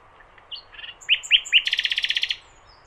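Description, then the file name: Common nightingale song: soft varied notes, three loud rising whistles, then a fast, rattling trill of repeated notes. "Luscinia megarhynchos"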